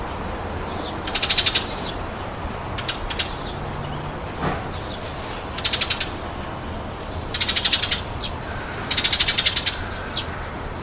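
Recorded from a home window, short bursts of rapid bright chirping repeat every couple of seconds over a steady low outdoor hum.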